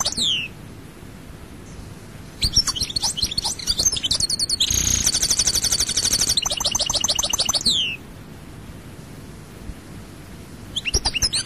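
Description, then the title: European goldfinch: a phrase ends, then after a pause scattered chirps lead into a lively phrase of metallic trills and a nasal buzz, ending in a descending sweep, then quiet and a final twitter. "Chant Chardonneret"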